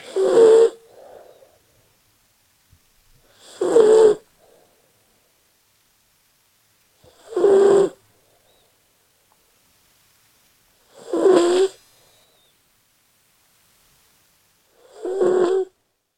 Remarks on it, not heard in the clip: It's snoring. Whatever it is, it's sleeping. It was recorded in my house. It's my dog, Penelope.